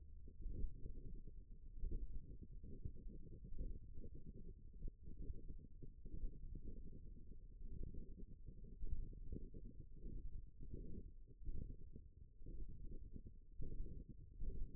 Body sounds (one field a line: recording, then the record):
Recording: forearm muscle sounds (acoustic myography)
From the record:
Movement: thumb flexion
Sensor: system 1, eight BSWA MPA416 microphones around the upper forearm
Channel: 7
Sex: female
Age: 21 years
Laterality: right